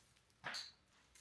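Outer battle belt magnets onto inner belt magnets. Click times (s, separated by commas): 0.5 s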